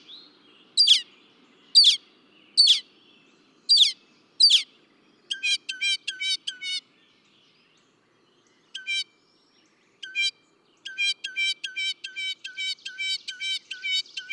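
Northern mockingbird song: a few loud sharp notes, then fast runs of repeated chirps in separate phrases, with varied high phrases and short pauses between.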